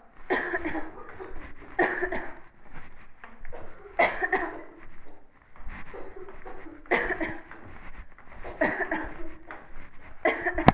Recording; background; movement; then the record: voluntary coughing; a bystander coughing; walking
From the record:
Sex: female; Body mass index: 18.3 kg/m2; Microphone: on the chest, facing the body